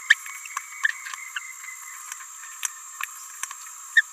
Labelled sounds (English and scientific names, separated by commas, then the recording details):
Green-rumped Parrotlet (Forpus passerinus) babbling
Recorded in a nest box in Venezuela
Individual 18B17A4